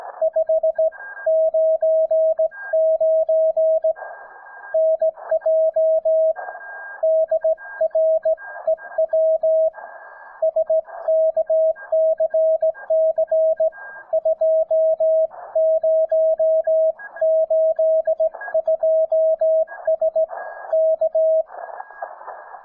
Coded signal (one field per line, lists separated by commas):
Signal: Morse code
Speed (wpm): 16 wpm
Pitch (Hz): 640 Hz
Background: music, radio noise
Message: 599 NJ DREW SKCC 2082S K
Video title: SKCC WES: Calling CQ